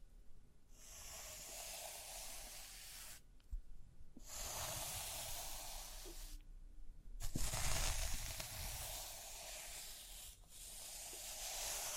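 Rhinestones are brushed and scratched in long, dense, hissy strokes, each lasting two to three seconds and separated by brief pauses. A few sharp taps mark the breaks, around the fourth and seventh seconds, and the strokes grow slightly louder near the eighth second.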